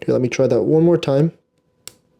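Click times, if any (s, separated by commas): 1.9 s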